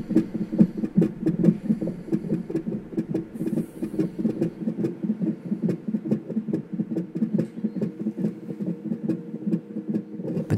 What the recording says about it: Could hear the baby's heartbeat through the monitor. Baby was letting us know all night, I'm right here.